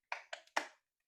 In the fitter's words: you hear it click so you know it's good